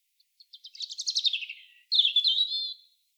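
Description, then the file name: European robin singing: thin introductory notes build into a rapid descending jingle, then a brighter warbled section with sustained high whistles, in a quiet setting. "Erithacus rubecula"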